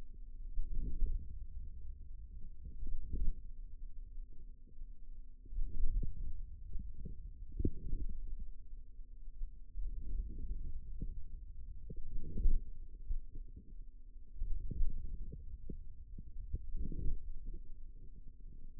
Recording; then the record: forearm muscle sounds (acoustic myography)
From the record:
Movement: hand closing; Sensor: system 2, bracelet of six BSWA MPA416 microphones around the upper forearm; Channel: 4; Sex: female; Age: 22 years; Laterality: right